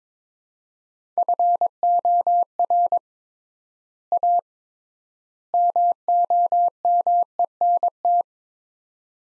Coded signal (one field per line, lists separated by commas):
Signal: Morse code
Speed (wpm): 22 wpm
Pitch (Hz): 700 Hz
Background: none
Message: FOR A MOMENT